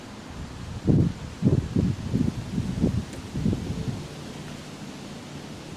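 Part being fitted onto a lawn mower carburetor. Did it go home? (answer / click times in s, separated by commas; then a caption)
no / none. A part is being pushed onto a new lawn mower carburetor during reassembly. Low, muffled rustling and pushing bursts rise and fall from about 0.9 to 3.9 seconds over a steady background hiss. The part has not clicked into place.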